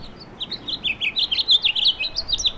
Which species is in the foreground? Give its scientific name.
Haemorhous mexicanus